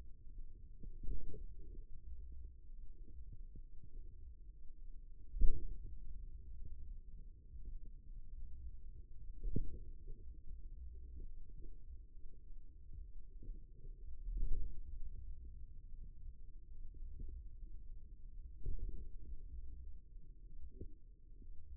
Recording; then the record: forearm muscle sounds (acoustic myography)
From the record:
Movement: ulnar deviation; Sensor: system 2, bracelet of six BSWA MPA416 microphones around the upper forearm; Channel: 3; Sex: male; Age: 22 years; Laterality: right